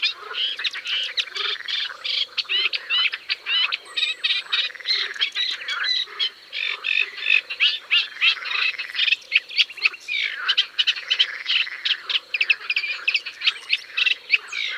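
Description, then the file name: Eurasian reed warbler singing a long, continuous stream of grating, chattering notes, with low rhythmic croaking pulses repeating beneath the song. "Rousserolle effarvatte"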